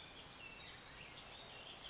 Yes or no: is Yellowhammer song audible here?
no